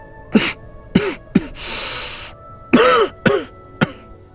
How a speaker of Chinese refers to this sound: 大风起，刺骨的凉意渗来，韩烨低低咳嗽两声，胸口的箭伤疼得沁入骨子里。